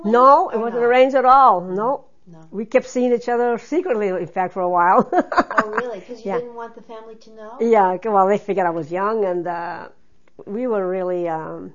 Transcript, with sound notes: No, it wasn't arranged at all, no! We kept seeing each other secretly, for a while! [Laughs]
Oh really? Because you didn't want the family to know?
Yeah, well, they figured I was young, and we were really